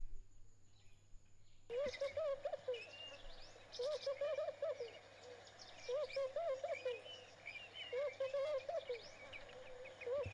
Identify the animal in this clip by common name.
Laughing Dove